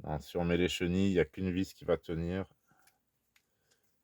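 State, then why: Not seated. Someone talks while clipping a Traxxas track unit onto the axle hub of a JLB4 1/8 scale RC crawler. After the talking stops, two faint ticks are heard at about 2.9 s and 3.4 s. The track unit is clipped on badly, and nothing has seated or clicked into place yet.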